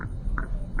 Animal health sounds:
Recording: poultry house recording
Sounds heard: sick chickens (respiratory disease)

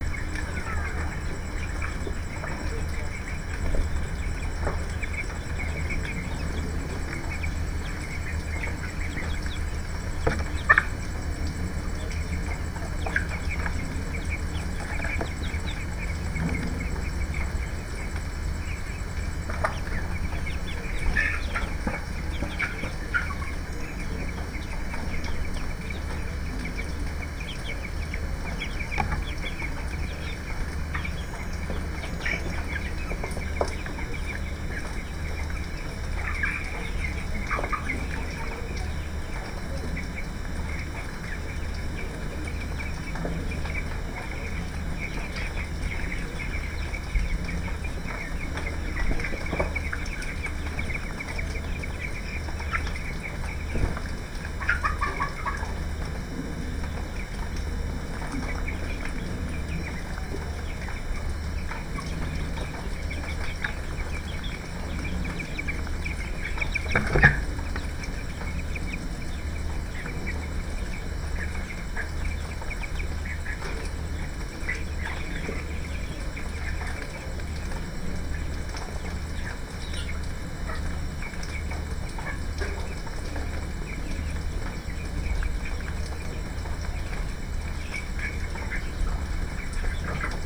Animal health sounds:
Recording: poultry house recording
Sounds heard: healthy chickens

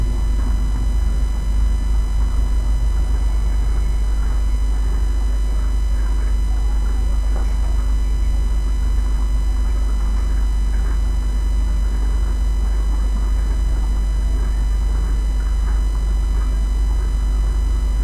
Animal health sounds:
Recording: poultry house recording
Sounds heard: sick chickens (respiratory disease)

